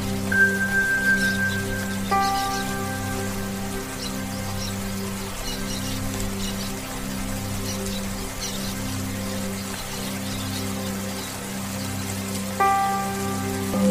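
Soothing meditation music holds steady low tones under a dense patter of rain, with bright chime-like notes sounding near the start, around 2 seconds, and near 12.5 seconds.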